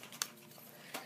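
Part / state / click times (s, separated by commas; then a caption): plastic ball-end fitting into mating socket segment / not seated / none. The ball end of a plastic segmented fitting is lined up with the next segment's socket between thumb and index finger, ready to be squeezed. Brief sharp ticks and light handling noise are heard over a quiet background, but nothing has seated or snapped into place yet.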